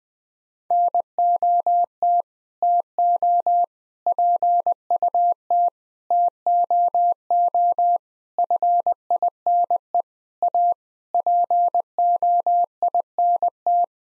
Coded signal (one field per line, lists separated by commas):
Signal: Morse code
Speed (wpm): 20 wpm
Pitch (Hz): 700 Hz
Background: none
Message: NOT TO PUT TOO FINE A POINT